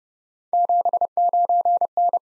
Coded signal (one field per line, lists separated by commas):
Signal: Morse code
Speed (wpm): 30 wpm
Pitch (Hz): 700 Hz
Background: none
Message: 79N